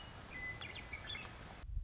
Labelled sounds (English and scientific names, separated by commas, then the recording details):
Western Meadowlark (Sturnella neglecta)
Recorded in Sonoma County, California